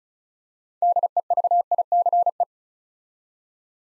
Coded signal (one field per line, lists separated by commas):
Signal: Morse code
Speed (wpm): 35 wpm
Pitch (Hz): 700 Hz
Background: none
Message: DEVICE